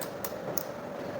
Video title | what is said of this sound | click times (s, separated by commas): 2000 MEMBERS KI BHOJANALU PREPARATION IN MY CANTEEN.HOW?THIS IS PART 1 ONLY.❤️ | ఇప్పుడు lock అయిపోయింది అన్నమాట | 0.6 s